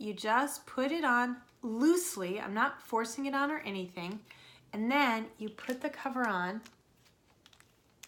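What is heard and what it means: A plastic cover is being pushed by hand onto a small essential-oil bottle after the fitting has been placed loosely, while someone talks for most of the clip. A few faint, brief ticks of handling follow near the end at about 7.5, 7.6 and 8.0 seconds. The cover has not snapped home yet and nothing has seated or clicked.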